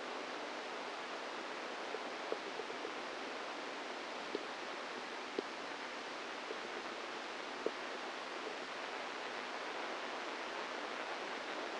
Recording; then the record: brain microelectrode recording played as sound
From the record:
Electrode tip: inside the subthalamic nucleus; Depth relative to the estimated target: 1 mm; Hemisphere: right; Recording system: NeuroSet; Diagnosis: Parkinson's disease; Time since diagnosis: 10 years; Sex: female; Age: 45 years